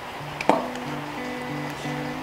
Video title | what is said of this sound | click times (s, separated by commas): Handle bar replacement BMW F700GS | make sure it clicks in then | 0.4 s, 0.5 s